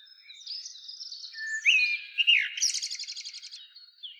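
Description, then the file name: Eurasian blackbird song: a rising whistled note slides into a fluty phrase, then a rapid buzzy twittering series of repeated high notes. "Turdus merula"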